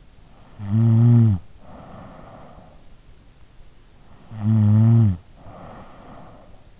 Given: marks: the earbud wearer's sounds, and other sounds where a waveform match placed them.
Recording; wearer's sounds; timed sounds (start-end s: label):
sounds in sleep by an in-ear microphone; snoring breath
0.33-2.61 s: snoring breath
4.11-6.51 s: snoring breath